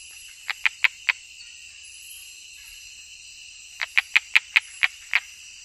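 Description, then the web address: Osteocephalus tree frog giving two short bursts of clipped, knocking notes, four then seven, separated by a pause, with a steady high-pitched drone behind. Unidentified Osteocephalus species, Ecuadorian Amazon, South America. "Natures Songs S America Frogs of Ecuadorian Amazon Osteocephalus sp 2"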